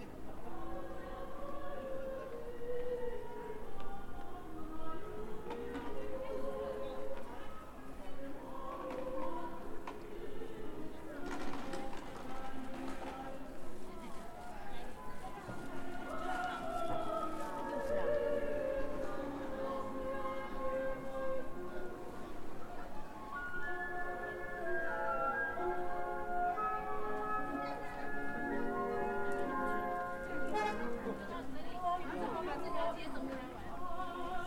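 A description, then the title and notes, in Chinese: A street scene on Andong Old Street in Dandong, filled with steady overlapping chatter from many people talking at once. Voices rise and fall without pause for the whole stretch, with occasional brief clatters and a faint low rumble underneath. 丹东，安东老街。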